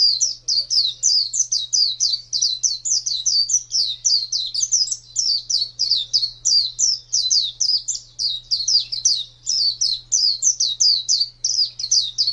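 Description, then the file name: White-eye singing a long, lively run of high, quick chirps with brief dips in loudness, steady electrical hum in the background. "pleci ngalas panjang"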